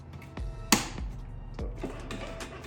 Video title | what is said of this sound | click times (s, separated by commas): Unboxing the Tesla Cybertruck Ride On for Kids!! | hear that snap good to go | 0.7 s